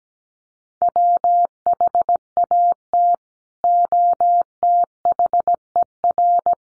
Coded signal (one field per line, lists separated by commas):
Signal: Morse code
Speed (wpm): 17 wpm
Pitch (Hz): 700 Hz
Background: none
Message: WHAT OTHER